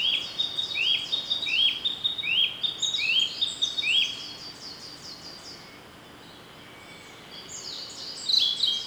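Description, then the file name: Narcissus flycatcher song: short upslurred whistles repeated a little under a second apart under high chirping trills, then a quiet gap before another burst of notes. "rodolphe alexis - narcissus flycatcher"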